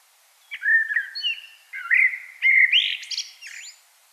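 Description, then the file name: Common blackbird singing a rich, mellow warble of several fluting notes that rise into squeaky, high-pitched twittering at the end of the phrase. "Turdus merula"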